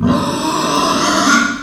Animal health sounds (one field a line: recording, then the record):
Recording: squeal of a Yucatan mini pig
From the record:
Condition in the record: after surgery on the right vocal fold (resection and tissue-engineered implant)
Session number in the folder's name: 13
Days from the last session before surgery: 113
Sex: female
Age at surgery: 19 weeks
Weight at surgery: 25 kg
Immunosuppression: prednisolone